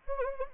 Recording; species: mosquito wingbeat signal from an infrared sensor; Anopheles gambiae